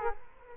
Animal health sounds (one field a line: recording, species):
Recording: mosquito wingbeat signal from an infrared sensor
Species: Culex quinquefasciatus